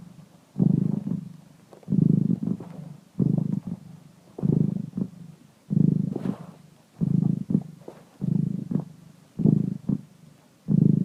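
Cat purr, a deep rumble swelling in regular pulses about every one to one and a half seconds.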